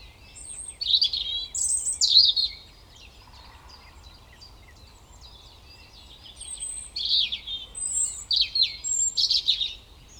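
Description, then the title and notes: European robin: several high warbled phrases, a quiet spell of a few seconds, then a renewed sequence of high tumbling notes and trills. Koniówka, Lesser Poland, Poland; Zoom F3 recorder with Usi Pro drop rig. "Koniówka, województwo małopolskie, Polska - Robin, King of the Petland. Recordist: Maciej Wirmański"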